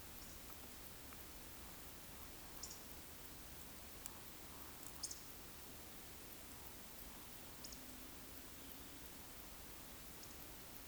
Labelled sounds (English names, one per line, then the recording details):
Eurasian Woodcock whistle
Eurasian Woodcock croak
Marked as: whistle, whistle, croak, whistle, croak, whistle, whistle
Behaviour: display flight
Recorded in Baden-Württemberg, Germany, on 9 May 2021 at 19:27 UTC
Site 23718, 552 m above sea level